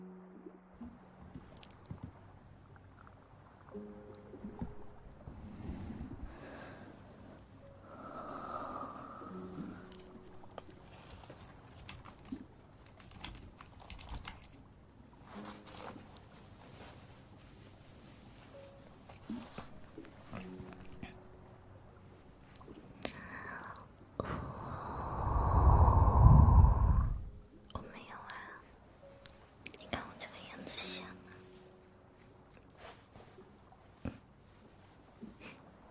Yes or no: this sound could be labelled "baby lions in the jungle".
no